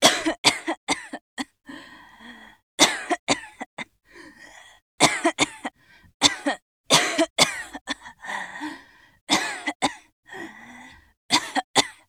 Female coughing.